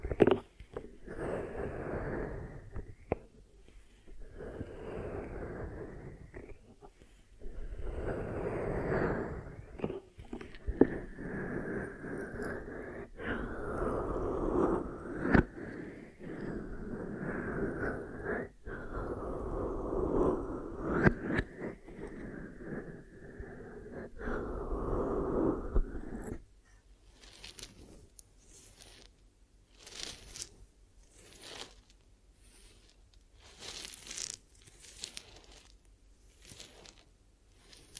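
Ear massage produces muffled, low rubbing and pressing sounds that swell and fade in slow waves for most of the recording. Near the end the massage gives way to ear cleaning: sharp, bright scratchy bursts repeating roughly every second against quiet gaps.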